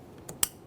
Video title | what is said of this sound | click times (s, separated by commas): How to Replace Rear Power Window Motor & Regulator Assemblies 2015-2020 Ford F-150 | press that in listen for a click | 0.4 s